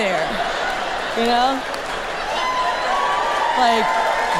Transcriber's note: laughter